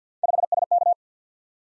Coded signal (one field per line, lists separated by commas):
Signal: Morse code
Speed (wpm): 47 wpm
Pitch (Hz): 700 Hz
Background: none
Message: 5SK